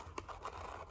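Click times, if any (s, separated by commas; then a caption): 0.2 s. The second folded cardstock side panel of a small paper gift box is slid over so its tab locks into the slit in the box top, closing the box. A soft papery rustle runs through the clip, with a sharp click as the tab locks in at 0.2 s and a duller knock at about 0.5 s. The tab is seated and the box is closed.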